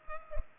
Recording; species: mosquito wingbeat signal from an infrared sensor; Culex pipiens